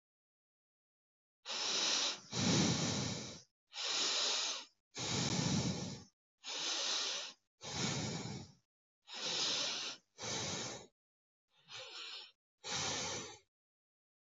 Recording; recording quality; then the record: shallow breathing; excellent, no background noise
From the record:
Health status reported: healthy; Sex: male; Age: 35 years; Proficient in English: yes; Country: India